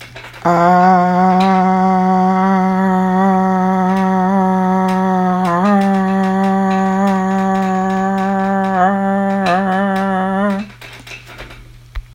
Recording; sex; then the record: sustained vowel /a/; female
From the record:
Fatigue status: no fatigue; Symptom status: asymptomatic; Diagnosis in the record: COVID-19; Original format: m4a